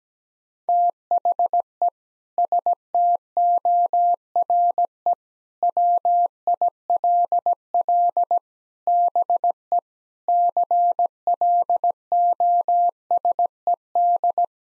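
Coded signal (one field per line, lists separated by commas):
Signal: Morse code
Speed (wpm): 17 wpm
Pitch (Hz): 700 Hz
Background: none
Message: THE STORE WILL BE CLOSED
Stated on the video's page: Morse copying practice of sentences with common six-word phrases at 17 wpm.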